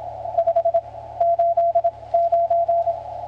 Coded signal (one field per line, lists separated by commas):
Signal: Morse code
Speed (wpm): 27 wpm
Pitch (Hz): 680 Hz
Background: radio noise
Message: 5 8 9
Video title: NN6T in QSO with FK8DD/m august 18th 2015